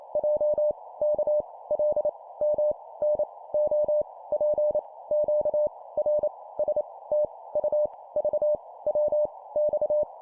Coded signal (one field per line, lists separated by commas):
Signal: Morse code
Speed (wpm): 28 wpm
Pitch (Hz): 600 Hz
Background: none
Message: J K L M N O P Q R S T U V W X